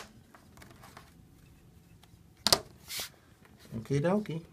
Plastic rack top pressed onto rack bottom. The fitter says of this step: press down firmly until they all lock into place okay